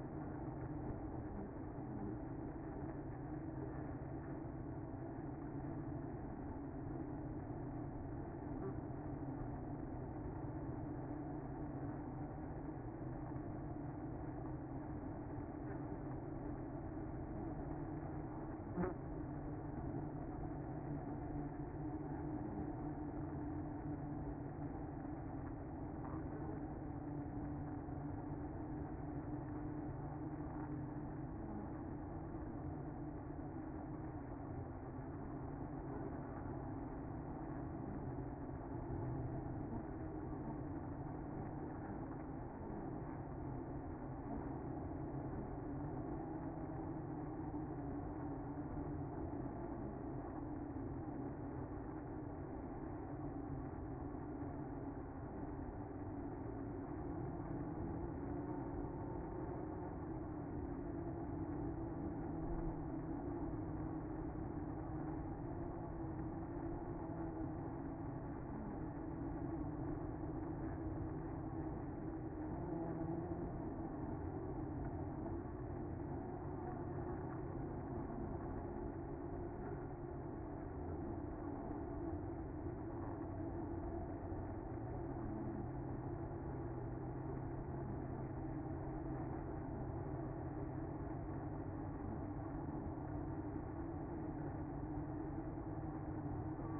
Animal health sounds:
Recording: honeybee colony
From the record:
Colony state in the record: active

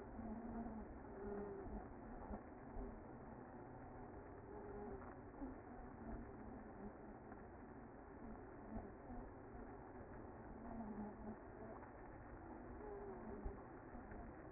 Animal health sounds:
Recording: honeybee colony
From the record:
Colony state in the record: active

